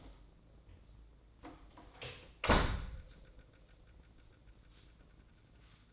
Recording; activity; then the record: daily activity, microphone in the room; close door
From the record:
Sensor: 3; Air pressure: 1012.3 hPa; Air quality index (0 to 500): 176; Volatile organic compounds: 3 ppm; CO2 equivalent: 1346 ppm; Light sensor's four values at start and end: 604/1501/622/640 and 604/1500/622/640